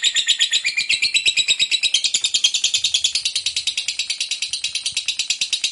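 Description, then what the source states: Lovebird's unbroken chattering, high harsh notes racing along quickly and growing denser and brighter midway through. Long 'ngekek' chatter, bird described as gacor (vocalizing actively).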